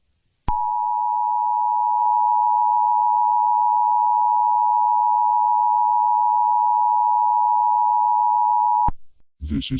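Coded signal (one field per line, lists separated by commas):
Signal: Emergency Alert System (SAME) tones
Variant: 853 and 960 Hz attention tone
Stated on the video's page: Simulated SAME tones in a fictional EAS scenario.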